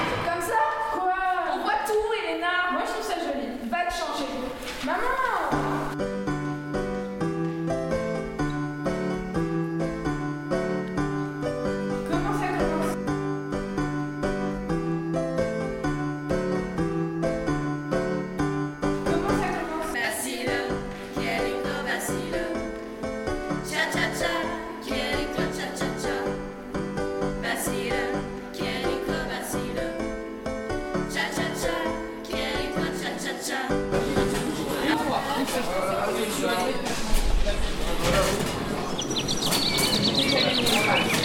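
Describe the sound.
Foyer ambience where voices open the first seconds, then steady melodic music with clear notes fills the space, with scattered clinks and chatter.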